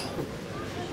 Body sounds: coughing mixed with background sound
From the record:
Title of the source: Coughing 77

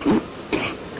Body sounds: coughing mixed with background sound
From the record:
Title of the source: 31 night wet cough

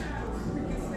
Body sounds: background sound without coughing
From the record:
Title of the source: 60 minutes of coffee shop sounds for study and concentration

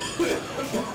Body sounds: coughing mixed with background sound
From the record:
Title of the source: Residual Phlegmy Morning Coughing and Gagging

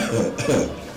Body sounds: coughing mixed with background sound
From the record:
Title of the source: Spring Cold Coughing.

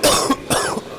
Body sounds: coughing mixed with background sound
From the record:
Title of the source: Coughing 79

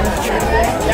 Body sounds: background sound without coughing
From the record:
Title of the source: Nightlife Party Simulating Party Club Noise 1 Hour

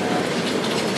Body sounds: background sound without coughing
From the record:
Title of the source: Office Sounds Ambience - Background Noise for Study and Work

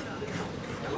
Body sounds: coughing mixed with background sound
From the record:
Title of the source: 30 Chesty and wet cough

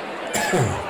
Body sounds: coughing mixed with background sound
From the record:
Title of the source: Mid-morning Winter Coughing Fit

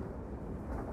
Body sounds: background sound without coughing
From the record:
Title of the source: Train Ride Ambience ambient white noise for sleeping, focus, studying, reading

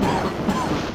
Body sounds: coughing mixed with background sound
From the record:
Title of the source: Spring Allergy Coughing

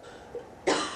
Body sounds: coughing mixed with background sound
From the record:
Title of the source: female coughing - coughing sound effects girl

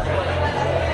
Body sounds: background sound without coughing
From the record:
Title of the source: CITY SOUNDS Busy Bar in the Evening Night - 2 HOURS of Ambiance for Relaxation

